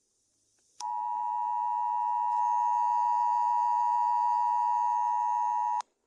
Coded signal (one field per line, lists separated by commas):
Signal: Emergency Alert System (SAME) tones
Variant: 853 and 960 Hz attention tone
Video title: Eas somthing bad will Happen soon